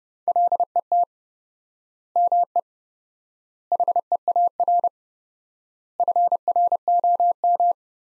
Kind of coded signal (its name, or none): Morse code